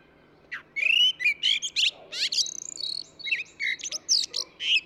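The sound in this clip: Eurasian blackbird pouring out a dense, continuous warble mixing fluty whistles with rapid high chattering and squeaks.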